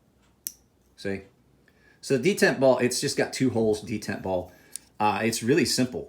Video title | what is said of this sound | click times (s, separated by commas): Monterey Bay Knives EWC designed by Ray Laconico | there's just another one up here that if you go like this you can hear it click in say | 0.5 s